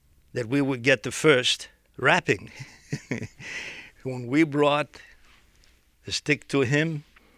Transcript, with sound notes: that we would get the first rapping. ( he laughs ) When we brought the stick to him,